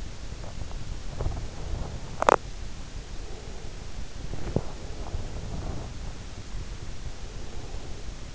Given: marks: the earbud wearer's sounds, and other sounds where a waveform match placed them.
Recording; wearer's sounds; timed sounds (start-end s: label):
sounds in sleep by an in-ear microphone; swallowing, teeth grinding, breath
0.23-2.02 s: swallowing
2.18-2.57 s: teeth grinding
3.19-4.04 s: breath
4.20-5.01 s: swallowing
5.01-6.31 s: breath
6.99-8.35 s: breath